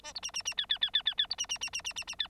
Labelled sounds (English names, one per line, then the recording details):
Bengalese Finch song
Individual Bird9